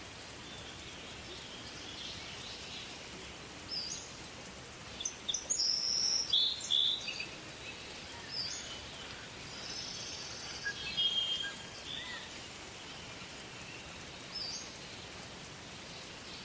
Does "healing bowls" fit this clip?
no